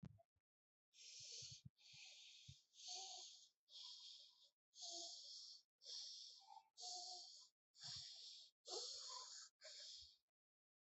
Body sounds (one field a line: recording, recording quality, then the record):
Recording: shallow breathing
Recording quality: excellent, no background noise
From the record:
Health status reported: healthy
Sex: female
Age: 42 years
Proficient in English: yes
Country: India